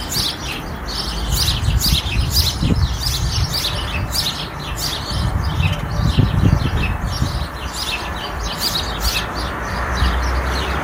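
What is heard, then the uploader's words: Birds chirp busily and steadily for the whole stretch, their quick, bright tweets repeating every fraction of a second with little pause. Beneath them runs a constant low rumble, like traffic or wind, with a few heavier thuds around three and six seconds. Berlin Birds. Just birds being happy with the spring.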